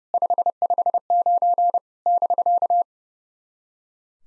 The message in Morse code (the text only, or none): 559 <BK>